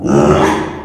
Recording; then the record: squeal of a Yucatan mini pig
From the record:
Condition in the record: after surgery on the right vocal fold (resection and tissue-engineered implant); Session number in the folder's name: 3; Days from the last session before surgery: 33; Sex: male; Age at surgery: 12 weeks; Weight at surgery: 13 kg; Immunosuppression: cyclosporine, prednisolone